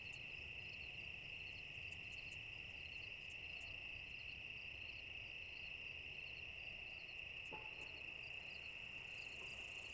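Cicada call: a steady, unbroken high-pitched buzz with faint rapid ticking above it and a few sharp clicks scattered through.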